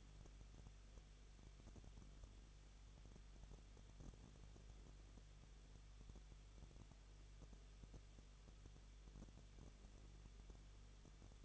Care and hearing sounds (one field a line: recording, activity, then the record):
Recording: daily activity, microphone in the room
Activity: no activity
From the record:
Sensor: 4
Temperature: 23.0 degrees Celsius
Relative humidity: 34.4%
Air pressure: 1007.3 hPa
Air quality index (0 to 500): 214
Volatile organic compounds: 14 ppm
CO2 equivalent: 2458 ppm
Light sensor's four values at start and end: 2/3/1/1 and 2/3/1/1